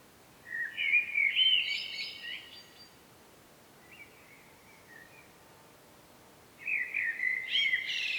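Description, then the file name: Common blackbird sings a rich warbled phrase, then a soft short one, then another that starts near the end. "Turdus merula"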